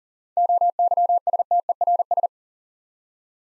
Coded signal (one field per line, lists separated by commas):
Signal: Morse code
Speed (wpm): 40 wpm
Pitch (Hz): 700 Hz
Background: none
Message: OYSTERS